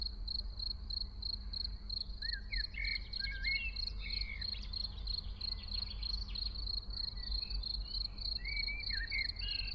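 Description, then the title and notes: Field cricket song: a steady, high, pulsing chirp about three times a second throughout, with blackbird song phrases and a low background rumble beneath. Early summer in a small village, Ettenkirch near Lake Constance, recorded over 14 years ago with Edirol R1 and OKM I microphones; blackbirds in background. "Ettenkirch near lake Constance - Early summer scene in a small village. Frühsommerszene in einem kleinen Dorf in der Nähe des Bodensees: Feldgrille, Amseln, Kirchenglocken, Stimmen und einige Autos im Hintergrund"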